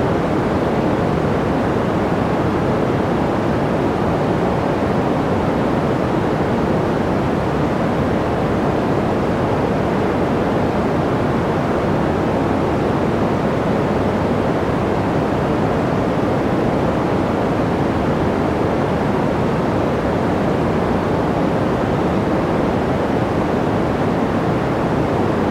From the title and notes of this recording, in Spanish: El Ruido Blanco Más Suave | Ruido Verde Natural. Un paisaje sonoro único que combina la suavidad calmante del ruido blanco con los elementos naturales del ruido verde. Nos centramos en el poder calmante del ruido verde profundo, a veces llamado Ruido Esmeralda.